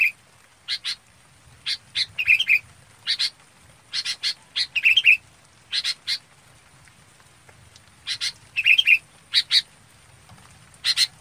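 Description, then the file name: Red-whiskered bulbul calls, bright chirps in clusters mixed with richer warbled phrases, repeated irregularly throughout. Calling the flock. "Tieng chao mao bong goi bay"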